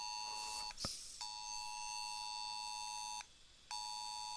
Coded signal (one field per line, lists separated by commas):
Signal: Emergency Alert System (SAME) tones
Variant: 853 and 960 Hz attention tone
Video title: EMERGENCY ALERT SYSTEM HAPPENED, SO, WHAT HAPPENED TO ME? OCT4, 2023